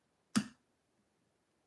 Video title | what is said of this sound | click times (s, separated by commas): Western Massacre Locksport is live! Picking practice. #lockjedi #archilbaldkenobi | It gives me a large snap when I push it, which suggests that should be set. | 0.4 s